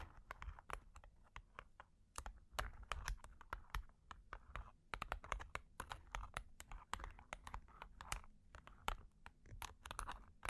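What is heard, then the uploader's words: Long claws tap and scratch in quick, irregular bursts, sharp bright clicks crowding together over a low rumbling background throughout. Long Claws Tapping and Scratching (No Talking).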